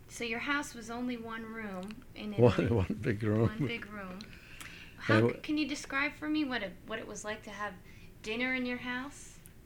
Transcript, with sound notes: So, your house was only one room in...
Only one big room (laughs)
One big room. How, can you describe for me what it, what it was like to have dinner in your house?